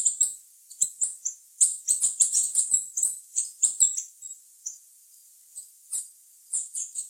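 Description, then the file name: Green-and-gold tanager song: rapid series of high, sharp chips and short hissy notes, run together in quick bursts, then sparser at the end. "canto da saira ouro"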